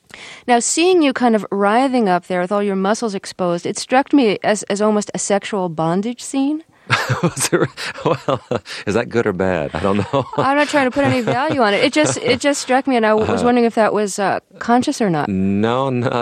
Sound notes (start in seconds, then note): 6.9 laughter; 9.6 laughter